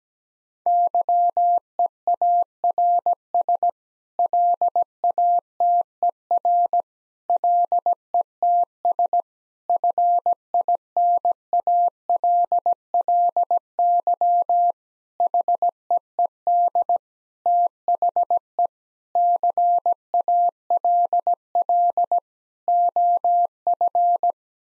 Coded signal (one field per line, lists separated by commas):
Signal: Morse code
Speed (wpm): 17 wpm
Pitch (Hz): 700 Hz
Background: none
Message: YEARS LATER LETS FINALLY HEED THE CALL OF